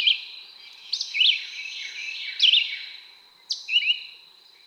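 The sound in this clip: Red-eyed Vireo: short slurred whistled bird phrases about a second apart, partly blurred by a broad high wash of sound; a vireo-type songbird singing.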